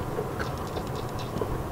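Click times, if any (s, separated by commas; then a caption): none. During an interior LED light conversion on a Genesis Coupe, the map light assembly is handled and pushed back toward its plastic opening in the overhead headliner console. Over steady low rumbling noise, faint handling rustles come through, with one brief, sharper sound at 0.4 s. Nothing has seated or clicked into place yet.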